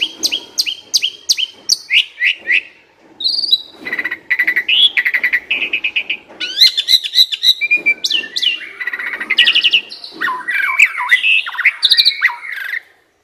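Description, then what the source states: Asian pied starling singing: repeated chirps at a quick pace, then a dense chattering jumble of whistles, buzzes and trills continuing for several seconds. Masteran (training song) for birds that sing too little and are sluggish.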